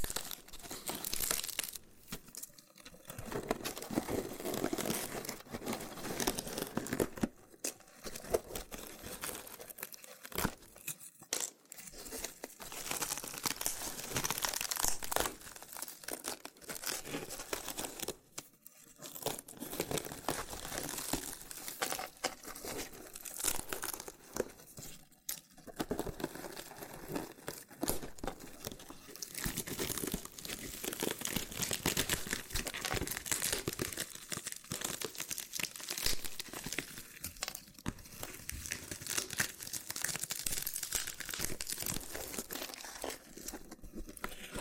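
Loofah scratching and peeling fills the clip with dense, crinkly rustling, bright and gritty, running almost without pause. Brief silent gaps break it near 3, 11, 18 and 25 seconds, and sharp crackling pops and tearing bursts recur throughout.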